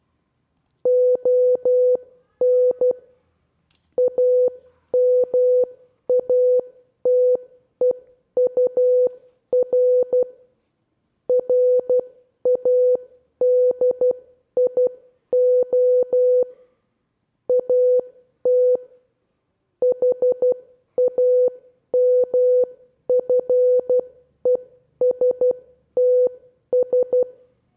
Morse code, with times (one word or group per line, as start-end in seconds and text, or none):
0.9-2.9 ON
4.0-10.2 AMATEUR
11.3-16.4 RADIO
17.5-18.8 AT
19.8-27.2 HAMFESTS